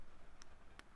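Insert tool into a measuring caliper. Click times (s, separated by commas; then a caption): 0.4 s, 0.8 s. A small insert tool is pressed into a measuring caliper so a valve shim can be measured during a valve adjustment on a 2022 Ducati Scrambler Desert Sled, because the caliper alone won't fit. Two short, sharp clicks are heard at 0.4 s and 0.8 s over a faint background hiss. The tool snaps and seats in place.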